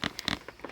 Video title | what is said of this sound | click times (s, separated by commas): Nissan Elgrand Conversion - Day camper - Elgrand Camper conversion- Bed and table layout | they click into place then you just press these down and you can fold it back up and | 0.1 s, 0.3 s